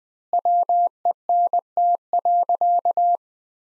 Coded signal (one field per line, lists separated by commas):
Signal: Morse code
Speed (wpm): 20 wpm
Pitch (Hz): 700 Hz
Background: none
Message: WENT.